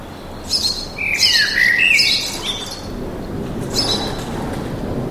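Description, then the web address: Birds chirping in a busy burst of sliding notes, then a softer chirp over a broad rumble of background noise. Birds singing in a park with an urban atmosphere. "sonido de la atmosfera urbana con pajaros cantando en el parque"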